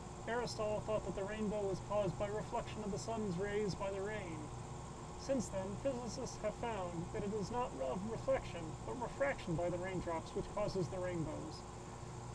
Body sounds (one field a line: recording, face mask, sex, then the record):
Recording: reading aloud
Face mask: surgical mask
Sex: male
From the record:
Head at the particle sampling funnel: tilted up or above it, chin in front of it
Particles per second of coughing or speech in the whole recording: 0.968